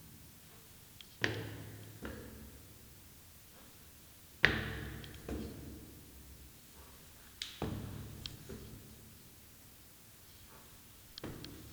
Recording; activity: daily activity, guitar pickup as the sensor; go upstairs